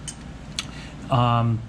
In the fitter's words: Hopefully we can hear the clicks so we don't over tighten these, but